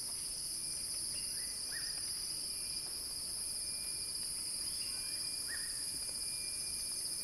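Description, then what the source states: Cicada chorus forming a constant shrill buzz, while a bird adds brief rising whistled notes several times in the background. Cicadas singing in a crescendo.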